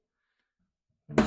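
A quick-release toilet seat is pulled and pops back off its hinge fixings. After near silence, a brief rustle begins around 1.1 s and leads into a short, loud snap at 1.2 s, leaving the seat released from its quick-release hinge.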